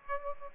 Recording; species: mosquito wingbeat signal from an infrared sensor; Aedes aegypti